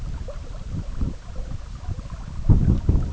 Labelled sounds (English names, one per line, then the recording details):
none
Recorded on Arctic tundra, site EABA-MC, on 17 June 2019
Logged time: 04:00